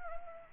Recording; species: mosquito wingbeat signal from an infrared sensor; Anopheles arabiensis